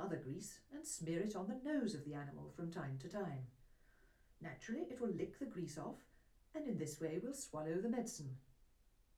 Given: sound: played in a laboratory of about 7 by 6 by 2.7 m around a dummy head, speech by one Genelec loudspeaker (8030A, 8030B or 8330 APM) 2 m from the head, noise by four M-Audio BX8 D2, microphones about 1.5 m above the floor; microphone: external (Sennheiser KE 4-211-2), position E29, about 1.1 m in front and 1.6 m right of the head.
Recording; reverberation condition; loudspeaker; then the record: female speech in English; low; 120 degrees to the left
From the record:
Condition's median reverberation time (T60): about 310 ms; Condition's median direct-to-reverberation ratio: about 3.5 dB